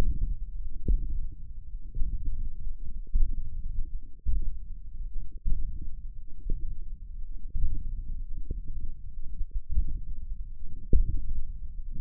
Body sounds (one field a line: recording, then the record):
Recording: forearm muscle sounds (acoustic myography)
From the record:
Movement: index flexion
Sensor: system 1, eight BSWA MPA416 microphones around the upper forearm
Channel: 8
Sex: male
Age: 20 years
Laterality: left